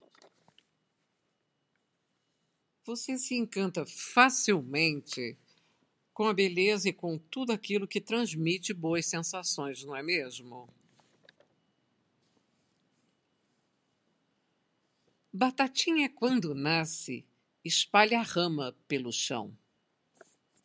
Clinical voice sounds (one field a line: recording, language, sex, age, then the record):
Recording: short text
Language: Brazilian Portuguese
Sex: female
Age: 60 to 69 years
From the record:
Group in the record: control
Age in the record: 69 years